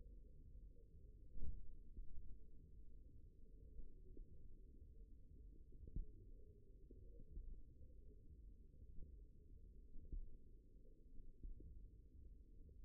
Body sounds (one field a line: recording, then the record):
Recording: forearm muscle sounds (acoustic myography)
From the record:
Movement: finger pinch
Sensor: system 1, eight BSWA MPA416 microphones around the upper forearm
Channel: 4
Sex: male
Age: 54 years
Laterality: right